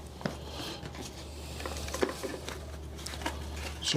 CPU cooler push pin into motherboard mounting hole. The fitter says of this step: Should click in. Click in on the other side. And click that side. This side is not wanting to click.